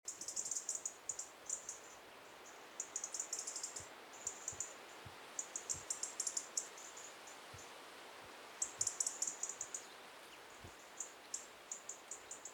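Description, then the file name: European robin: very high, thin notes in quick clusters, repeated after short pauses over a steady background hiss. "Erithacus rubecula"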